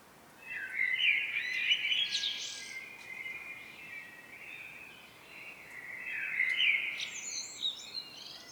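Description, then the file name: Common blackbird song, two rich fluty phrases separated by a pause, each ending in a sharp high squeaky twitter. "Turdus merula"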